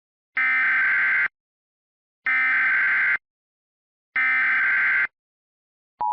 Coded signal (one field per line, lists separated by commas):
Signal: Emergency Alert System (SAME) tones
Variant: header bursts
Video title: EAS Scenario - The USA's Self-Demise